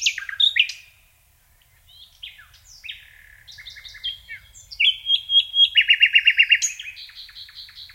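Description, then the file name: Common nightingale delivering varied song: an opening burst, soft scattered notes, a pure whistle and a loud, evenly repeated chirping run. "Luscinia megarhynchos"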